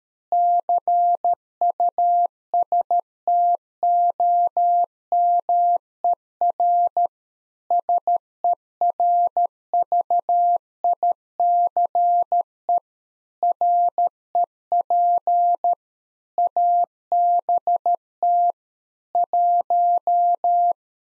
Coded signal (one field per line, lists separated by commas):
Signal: Morse code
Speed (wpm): 13 wpm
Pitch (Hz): 700 Hz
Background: none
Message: CUSTOMER SERVICE REP ABT 1